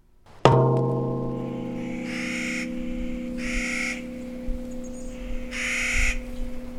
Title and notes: a summer band of Clark's Nutcrackers -- counter singing -- close cohorts of the endangered WHITEBARK Pines, great NESTOR of the Pacific NORTHWEST